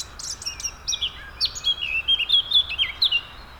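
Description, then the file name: Eurasian blackcap song: a run of quick warbled and whistled phrases, scratchy high notes mixed with clearer fluty slurs, continuing throughout over faint background hiss. "Sylvia atricapilla"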